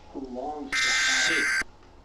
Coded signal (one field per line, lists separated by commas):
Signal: Emergency Alert System (SAME) tones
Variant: header bursts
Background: speech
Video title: Florida's Insanity II | EAS alerts from 4/16/2023